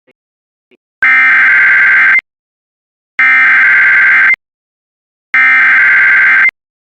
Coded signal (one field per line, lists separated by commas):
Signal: Emergency Alert System (SAME) tones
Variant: header bursts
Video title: EAS 123 - Binghamton FFW